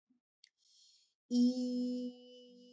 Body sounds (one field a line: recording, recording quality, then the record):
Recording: sustained vowel as in beet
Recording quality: excellent, no background noise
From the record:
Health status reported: healthy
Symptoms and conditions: none ticked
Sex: female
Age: 41 years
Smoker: not ticked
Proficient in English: yes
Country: India